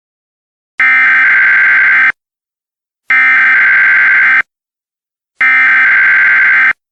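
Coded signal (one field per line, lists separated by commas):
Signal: Emergency Alert System (SAME) tones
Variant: header bursts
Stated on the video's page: Fictional EAS scenario, not a real alert.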